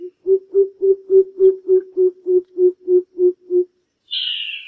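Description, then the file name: Greater coucal calling a steady string of about a dozen deep, booming hoots at an even pace, followed by a high, descending rasp. "Tieng chim bim bip"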